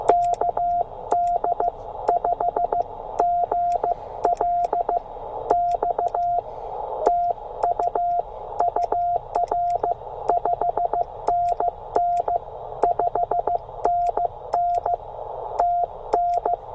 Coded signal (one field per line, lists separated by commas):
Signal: Morse code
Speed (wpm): 15 wpm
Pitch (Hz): 700 Hz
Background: radio noise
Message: KD5GLX TU UR 5NN 5NN TN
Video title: Even in the worst conditions, 5 watts and CW can pull at least 10 for a POTA activation.